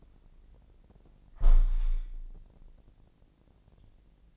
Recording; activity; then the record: daily activity, microphone in the room; close window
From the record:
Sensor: 5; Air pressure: 1012.2 hPa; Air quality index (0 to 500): 160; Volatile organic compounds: 2 ppm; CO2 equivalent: 1088 ppm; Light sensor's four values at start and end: 67/161/66/69 and 67/161/66/69